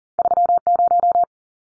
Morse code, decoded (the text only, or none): 30